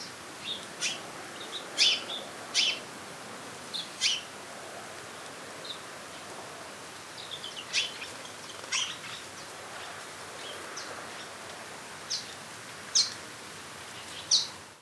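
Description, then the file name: House sparrow calling with scattered bright chirps, spread unevenly through the recording against a constant hiss. "Passer domesticus"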